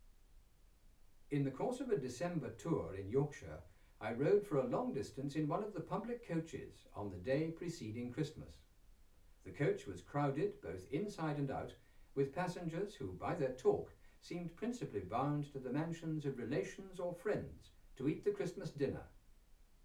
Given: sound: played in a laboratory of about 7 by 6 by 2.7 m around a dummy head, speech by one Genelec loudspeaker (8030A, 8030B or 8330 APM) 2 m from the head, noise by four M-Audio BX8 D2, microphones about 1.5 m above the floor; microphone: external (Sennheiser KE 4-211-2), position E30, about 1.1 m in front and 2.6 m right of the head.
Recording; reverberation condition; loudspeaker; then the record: male speech in English; low; 150 degrees to the left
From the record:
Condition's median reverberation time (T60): about 310 ms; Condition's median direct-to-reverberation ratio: about 3.5 dB